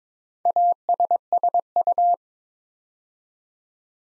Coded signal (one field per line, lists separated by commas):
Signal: Morse code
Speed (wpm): 22 wpm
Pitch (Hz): 700 Hz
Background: none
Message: ASSU